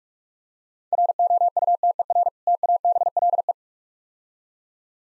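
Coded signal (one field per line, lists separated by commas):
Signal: Morse code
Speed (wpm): 45 wpm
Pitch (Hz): 700 Hz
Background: none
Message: ROUTER TABLE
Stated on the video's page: Morse code copying practice at 35 wpm with contextual hints, difficult words.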